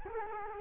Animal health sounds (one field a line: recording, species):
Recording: mosquito wingbeat signal from an infrared sensor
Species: Culex quinquefasciatus